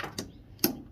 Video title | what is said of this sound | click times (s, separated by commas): GE Dryer RATTLING PREMIUM MODEL How I fixed it with new pulleys and belt | it just snaps in place | 0.6 s